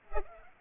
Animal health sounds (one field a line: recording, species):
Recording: mosquito wingbeat signal from an infrared sensor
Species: Culex pipiens